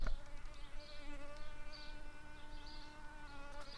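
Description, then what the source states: Shrill carder bee buzz, a steady droning hum holding one even pitch throughout, with a low rumbling background noise underneath. Worker bees.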